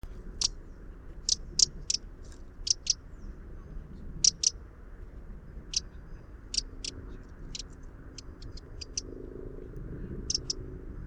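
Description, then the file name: Eurasian wren giving sharp, very high ticking calls, singly and in quick pairs at irregular intervals, over a steady low rumbling background. "Troglodytes troglodytes"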